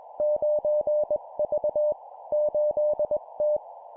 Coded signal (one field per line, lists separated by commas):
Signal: Morse code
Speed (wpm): 21 wpm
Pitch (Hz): 600 Hz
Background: none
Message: 9V 8T